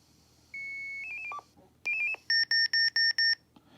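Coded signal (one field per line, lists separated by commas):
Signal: five-tone selective call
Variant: European Select-5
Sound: a quick run of stepped tones, a second short tone burst, then six chirping beeps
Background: quiet room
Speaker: Radio #1 sent out a selective calling message to Radio #2, then Radio #2 sent back a selective calling message. After this, Radio #1 started chirping.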